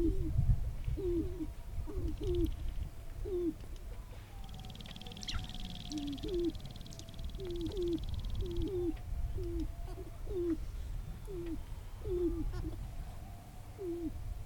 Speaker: Yes, so in Wainwright, in the tall prairie grasslands, listening to a sharp-tailed grouse do a little bit of lekking.